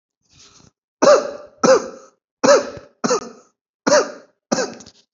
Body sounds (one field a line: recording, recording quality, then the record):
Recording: heavy voluntary cough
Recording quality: excellent, no background noise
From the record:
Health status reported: healthy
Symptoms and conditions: none ticked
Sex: male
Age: 30 years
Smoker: yes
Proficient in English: yes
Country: India